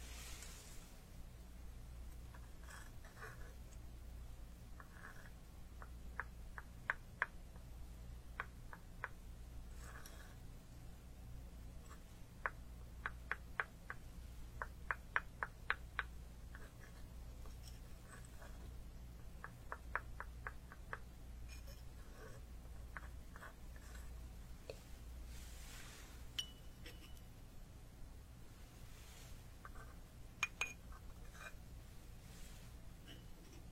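Traditional Chinese medicine being weighed out and pounded. Sharp, bright clinks and taps come in irregular clusters, busiest between about 7 and 22 seconds, over a steady low hum. Soft rustling and faint shuffling fill the gaps.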